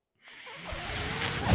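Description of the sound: After a brief silence, a soft rushing hiss with a low rumble swells steadily over about a second and a half: the airflow of a home mechanical ventilator pushing a breath, heard in a pause in a man's speech. The ventilator is his own.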